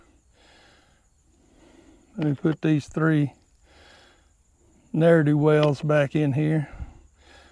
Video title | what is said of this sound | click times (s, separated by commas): Ibex TS53 Drum Mower and MechMaxx HT100 hay Tedder. Last cut of 2025 | For some reason they don't click in. They fit tight, but they didn't click in. | none